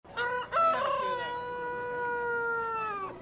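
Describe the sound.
Chicken crowing, a rooster's long harmonic call that rises briefly then holds a steady drawn-out tone for over two seconds before dropping off.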